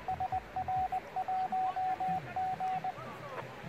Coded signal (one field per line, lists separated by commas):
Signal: Morse code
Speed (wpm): 20 wpm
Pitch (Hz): 750 Hz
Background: radio noise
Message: SR1G